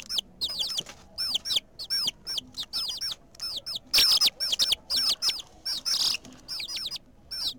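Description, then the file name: Chicks cheeping in a busy flock, shrill falling peeps coming in quick overlapping bursts, with a few harsher squeaky notes near the middle. "Pollitos Chiken Lillttle Bird"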